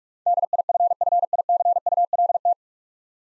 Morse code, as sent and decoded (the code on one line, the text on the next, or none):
-.. .. ..-. ..-. .. -.-. ..- .-.. -
DIFFICULT